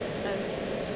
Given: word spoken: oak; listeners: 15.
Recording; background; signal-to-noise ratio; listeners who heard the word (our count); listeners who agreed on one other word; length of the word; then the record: one English word in noise, from a listening test; speech-shaped noise; -6.9 dB; 0 of 15; 6 of 15; 0.56 s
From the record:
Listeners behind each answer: 6, 2, 2, 2, 1, 1, 1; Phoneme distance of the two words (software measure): 24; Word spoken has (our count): 1 syllable, 2 phonemes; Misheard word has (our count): 2 syllables, 4 phonemes, stress on syllable 1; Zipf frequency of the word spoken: 4.23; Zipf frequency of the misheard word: 6.02